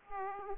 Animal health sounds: mosquito wingbeat signal from an infrared sensor; Aedes aegypti

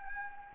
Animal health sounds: mosquito wingbeat signal from an infrared sensor; Anopheles gambiae

